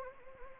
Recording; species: mosquito wingbeat signal from an infrared sensor; Anopheles arabiensis